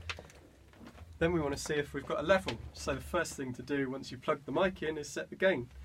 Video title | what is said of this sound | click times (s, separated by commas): Routing a mic signal to Logic in the studio | Push it until it clicks. | 0.1 s